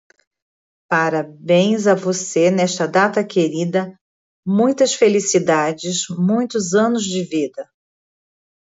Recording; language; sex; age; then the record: short text; Brazilian Portuguese; female; 40 to 49 years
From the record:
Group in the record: control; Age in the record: 49 years